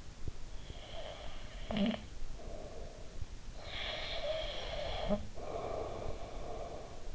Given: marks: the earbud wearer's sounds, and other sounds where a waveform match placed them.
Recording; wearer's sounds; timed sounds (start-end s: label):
sounds in sleep by an in-ear microphone; snoring breath, breath
0.20-3.42 s: snoring breath
3.42-7.15 s: breath